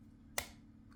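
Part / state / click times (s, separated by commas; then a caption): plastic key fob housing halves closing over the battery / seated / 0.4 s. After the coin battery is replaced, the two plastic halves of a Chevy car key fob case are pressed against each other over the battery until they snap together. A single sharp, bright click at 0.4 s marks the case seating back into place, followed by a much fainter tick near 0.9 s over a low, steady background hum.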